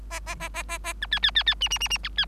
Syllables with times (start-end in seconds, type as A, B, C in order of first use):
0.10-0.20 A, 0.26-0.35 A, 0.40-0.49 A, 0.54-0.63 A, 0.68-0.78 A, 0.84-0.93 A, 1.01-1.07 B, 1.11-1.20 C, 1.23-1.31 C, 1.35-1.43 C, 1.46-1.54 C, 1.60-1.69 D, 1.70-1.78 D, 1.80-1.88 D, 1.90-1.98 D, 2.03-2.09 B, 2.17-2.25 C